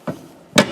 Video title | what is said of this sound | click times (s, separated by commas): DETACHABLE Westfalia Towbar - Volkswagen T5.1 | click that in, you hear it is spring loaded, key towards you to lock it, key out and hook up, | 0.6 s